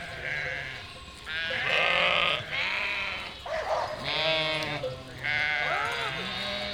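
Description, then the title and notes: Sheep bleating in chorus, many overlapping wavering bleats of varied pitch, including higher lamb-like cries, nearly continuous throughout. Flock of 467 sheep and lambs grazing and moving in spring, eating grass and wild garlic, herded by dogs; Chindrieux, France; binaural recording on a Fostex FR2 LE. "Chindrieux, France - Troupeau de moutons. En ce jour de printemps, au beau milieu d'un troupeau de 467 moutons et agneaux. Bêlements en chorale très spacialisée et en mouvement"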